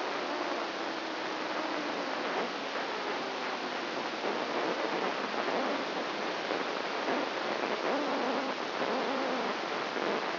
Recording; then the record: brain microelectrode recording played as sound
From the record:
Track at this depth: outside the subthalamic nucleus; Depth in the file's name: 0.207 mm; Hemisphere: right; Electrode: 2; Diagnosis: Parkinson's disease